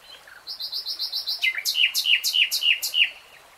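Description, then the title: Nightingale song: a run of repeated high whistled notes, then a louder series of rich, sharply accented notes about four per second. Three-hour real-time recording of a nightingale singing. "[Tiếng chim hót] 3 Hours REALTIME Nightingale Singing"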